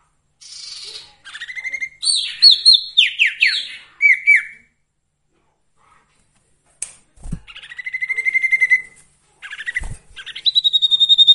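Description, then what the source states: Sirtu song in varied phrases: buzzy chirps, downward-sweeping notes and rapid trills, with a quiet pause midway and a couple of clicks. Masteran recording with the full variety of song, used for training songbirds.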